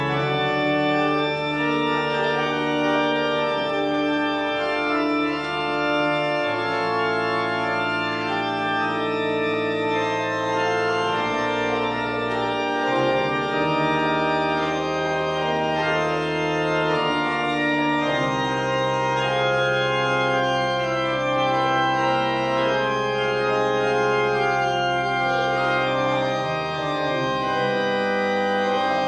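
A choir sings with organ accompaniment, the voices and organ merging into one full, steady sound that fills the whole recording. Deep sustained bass notes shift every few seconds, around 6, 13, 18 and 26 seconds, while the upper chords move more often above them.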